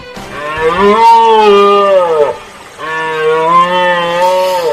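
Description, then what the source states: Iberian red deer roaring: two long, harmonic, gruff bellows. Rutting roar (berrea) marking the species' mating season, heard yearly for about a month, from mid-September to mid-October.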